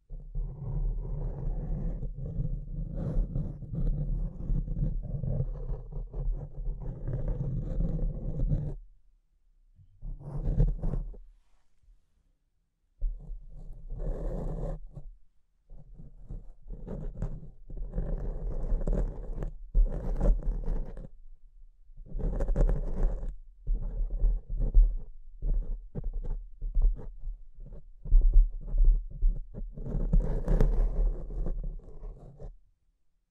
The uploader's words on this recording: ASMR Brain Melting Mic Scratching (No Talking).